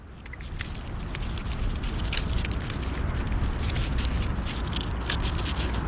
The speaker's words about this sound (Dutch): Zo klinkt het, het fladderlint. Ja, mooi hè. Het is op zich wel een heel subtiel geluid. Door het fladderen van de linten die aan een stroomdraadje hangen, schrikt het de wolf af. Samen natuurlijk met het visuele effect.